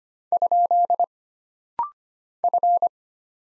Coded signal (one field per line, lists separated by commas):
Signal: Morse code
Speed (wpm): 25 wpm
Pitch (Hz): 700 Hz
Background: none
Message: ? F